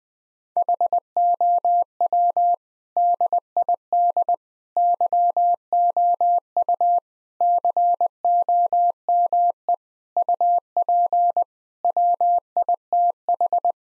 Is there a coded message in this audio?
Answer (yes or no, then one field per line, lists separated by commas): yes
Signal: Morse code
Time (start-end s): 0.6-13.7 s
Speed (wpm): 20 wpm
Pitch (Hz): 700 Hz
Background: none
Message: HOW DID YOU COME UP WITH